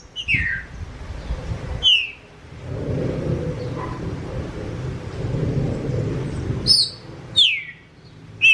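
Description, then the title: Green-winged saltator giving a few loud downslurred whistles at the start and end, with a burst of deep rumbling noise covering the middle. Wild bird in the bush, competing with another free bird. "Trinca Ferro NICÃ O No Mato Disputando Com Solto"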